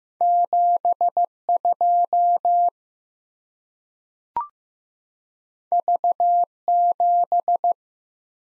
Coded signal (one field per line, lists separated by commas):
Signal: Morse code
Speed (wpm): 15 wpm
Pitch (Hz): 700 Hz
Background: none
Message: 7 2 V 7